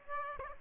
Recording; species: mosquito wingbeat signal from an infrared sensor; Aedes aegypti